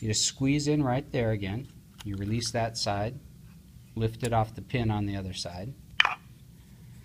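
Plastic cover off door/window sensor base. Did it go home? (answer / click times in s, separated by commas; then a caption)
released / 6.0 s. Someone talks while squeezing the plastic cover of an ITI, GE or Interlogix door/window sensor (part NX-650N or older) to release one side, then lifting it off the pin on the other side of the sensor base. A sharp click at 6.0 s marks the cover coming free.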